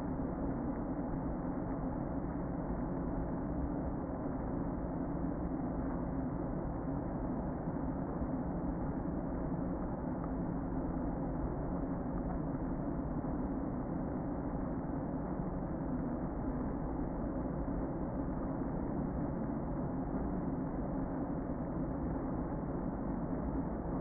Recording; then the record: honeybee colony, microphone inside the hive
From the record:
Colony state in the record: queen present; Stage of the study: before two queens were removed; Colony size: about 60,000 bees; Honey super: yes